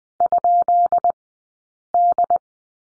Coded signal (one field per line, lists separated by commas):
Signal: Morse code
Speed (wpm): 20 wpm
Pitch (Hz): 700 Hz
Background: none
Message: ?D